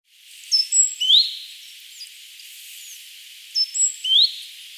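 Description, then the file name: Great tit calls, two bursts of thin high sweeping notes each ending in a quick rising whistle, separated by a quiet gap. "Parus major"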